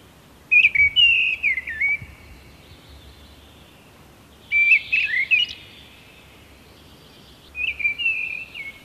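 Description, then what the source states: Mistle Thrush song of three brief whistled, warbling phrases spaced a few seconds apart, with low background noise. Sings in dry pine forest, a habitat not typical for a Blackbird; song sounds familiar and resembles a Blackbird's.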